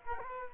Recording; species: mosquito wingbeat signal from an infrared sensor; Culex quinquefasciatus